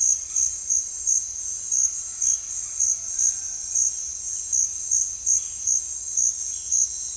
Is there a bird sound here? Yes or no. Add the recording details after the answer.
no. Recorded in secondary vegetation near Puerto Asís, Putumayo, Colombia, on 29 June 2025 at 16:00. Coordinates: 0.498, -76.327. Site GP09